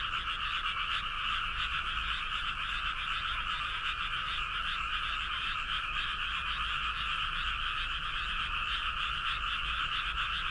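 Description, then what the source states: Frogs calling in a dense, continuous chorus, a steady trilling wall of sound with no breaks, over a low rumble. Toyota, Aichi.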